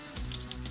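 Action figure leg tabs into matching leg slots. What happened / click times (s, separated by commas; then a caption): Plastic tabs snapped into their slots / 0.3 s, 0.5 s. During the transformation of an action figure to vehicle mode, the plastic tabs on its legs, feet and inner legs are pressed together into matching leg slots while music plays. Sharp snaps are heard at 0.3 s and 0.5 s, followed by a few fainter clicks, and the leg tabs are seated.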